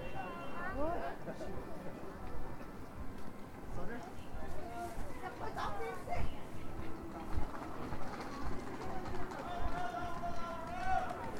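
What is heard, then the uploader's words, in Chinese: Zhongjie street in Shenyang, filled with a steady, dense murmur of many overlapping voices. A low rumble runs underneath throughout, while brief raised voices and short sharp knocks pop out every few seconds, especially around the middle and near the end. 沈阳，中街。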